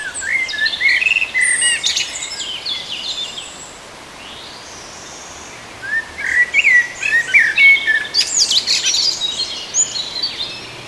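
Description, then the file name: Common blackbird song: two bursts of warbled phrases breaking into high, squeaky twittering, separated by a quiet gap of about two seconds. "turdus merula"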